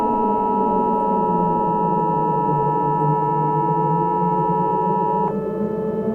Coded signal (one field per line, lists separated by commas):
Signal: Emergency Alert System (SAME) tones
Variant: 853 and 960 Hz attention tone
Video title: [Short EAS Scenario] - Tornado Emergency